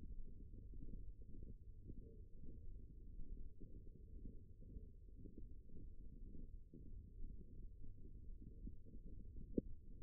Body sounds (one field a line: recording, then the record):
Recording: forearm muscle sounds (acoustic myography)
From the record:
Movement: hand closing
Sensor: system 1, eight BSWA MPA416 microphones around the upper forearm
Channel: 4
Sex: female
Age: 21 years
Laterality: right